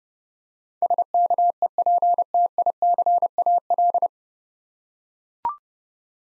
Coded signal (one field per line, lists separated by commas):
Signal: Morse code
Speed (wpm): 30 wpm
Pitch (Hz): 700 Hz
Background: none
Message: SKEPTICAL